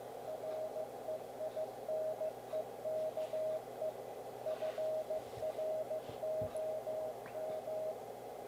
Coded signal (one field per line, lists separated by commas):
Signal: Morse code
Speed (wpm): 15 wpm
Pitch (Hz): 630 Hz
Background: none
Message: REINEKE FROM